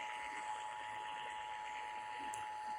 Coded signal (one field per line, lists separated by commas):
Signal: Emergency Alert System (SAME) tones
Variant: 853 and 960 Hz attention tone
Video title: KALL'S SENDER ID RETRIEVED! Broadcast Radio EAS: Required Monthly Test (EAS #738-740)